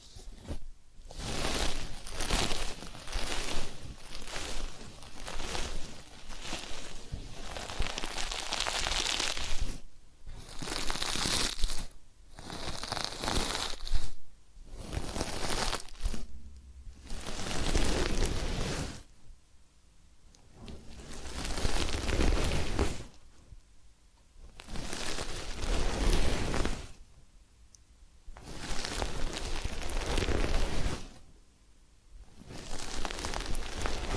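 Ear cleaning and massage sounds: dense, crackly rustling that swells and fades in bursts of a few seconds each, separated by brief near-silent gaps. The texture is gritty and bright, like rubbing or scratching, with occasional louder pops, and the rhythm stays fairly regular throughout.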